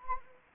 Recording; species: mosquito wingbeat signal from an infrared sensor; Anopheles gambiae